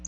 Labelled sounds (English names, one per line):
Black-throated Blue Warbler flight call